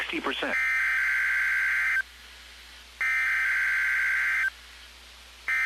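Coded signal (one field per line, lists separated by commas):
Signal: Emergency Alert System (SAME) tones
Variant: header bursts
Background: speech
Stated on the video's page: Required Weekly Test on NOAA Weather Radio, recorded off the radio via aux cord.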